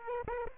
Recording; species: mosquito wingbeat signal from an infrared sensor; Aedes aegypti